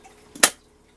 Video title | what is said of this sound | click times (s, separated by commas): backpacking cooking | locks into place whenever you got it closed | 0.4 s